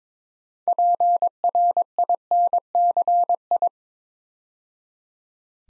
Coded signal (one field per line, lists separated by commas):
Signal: Morse code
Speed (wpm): 22 wpm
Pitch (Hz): 700 Hz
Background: none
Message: PRINCI